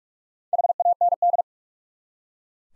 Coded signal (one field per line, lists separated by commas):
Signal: Morse code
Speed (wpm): 44 wpm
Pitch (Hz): 700 Hz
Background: none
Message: HAND